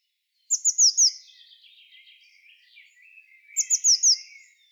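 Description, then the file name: Eurasian blue tit giving two bursts of four rapid, high, thin down-slurred notes about three seconds apart, with soft chattering in between. "Cyanistes caeruleus"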